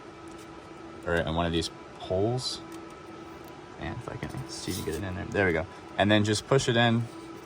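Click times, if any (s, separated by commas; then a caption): none. An SFP+ transceiver module is handled and lined up to be pushed into a network switch port while someone talks, with a faint steady hum underneath. Nothing has seated or clicked yet by the end of the clip.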